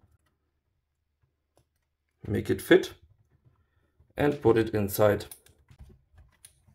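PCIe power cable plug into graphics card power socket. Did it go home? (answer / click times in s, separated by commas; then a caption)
yes / 6.5 s. A plastic PCIe power cable plug is pushed into a graphics card's power socket while someone talks. After a few faint handling taps, a sharp click at 6.5 s shows the plug is seated.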